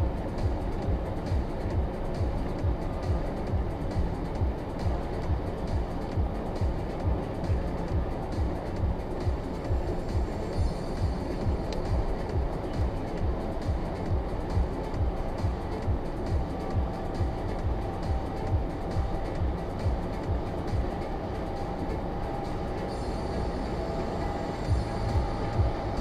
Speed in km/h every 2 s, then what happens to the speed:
90, 90, 88, 87, 88, 88, 87, 87, 87, 87, 89, 92, 92.
0-26 steady at about 88.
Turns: none.